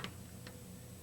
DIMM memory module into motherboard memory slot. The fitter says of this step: push down on one end until you hear it click